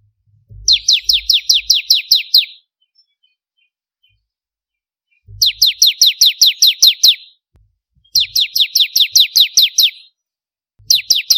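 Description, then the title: Prinia giving repeated rattling phrases of piercing downslurred notes, with brief low knocks at the start of some phrases. "Kicau Ciblek Kristal"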